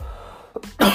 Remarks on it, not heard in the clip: This cough is really bugging me. I'm pretty much 90% better. It's just my voice is still not all back yet.